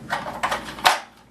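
A battery pack is pushed back into its holder in the hull of a Udirc Venom 2.4GHz high-speed orange RC boat after an earlier failed try. Scraping and rattling handling sounds, including a knock at 0.4 s, lead up to a sharp snap at 0.9 s as the pack seats home, followed by quiet.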